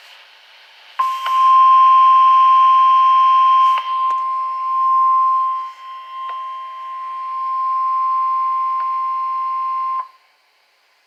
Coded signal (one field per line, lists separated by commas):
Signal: Emergency Alert System (SAME) tones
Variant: 1050 Hz attention tone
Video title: EAS #2 - Required Weekly Test on KZZ33